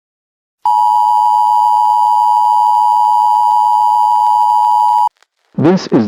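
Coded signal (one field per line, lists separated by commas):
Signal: Emergency Alert System (SAME) tones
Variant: 853 and 960 Hz attention tone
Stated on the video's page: Simulated, fictional EAS scenario broadcast of a derecho event.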